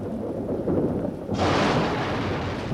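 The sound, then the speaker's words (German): A deep, rolling thunder rumble after a lightning flash builds, then bursts into a loud, crackling crash partway through that keeps roaring with a hissing, rain-like wash until the end. No voices. “Ruhe, ein Blitz!”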